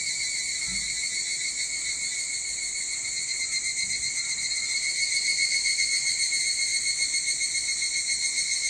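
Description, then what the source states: Evening cicadas singing as a continuous shrill drone, gently wavering, growing a little louder in the second half; faint low thumps early on. Recorded 22 July 2023 at 04:40.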